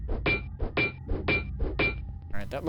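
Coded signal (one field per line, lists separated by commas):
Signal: none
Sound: game's mechanism beeps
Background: speech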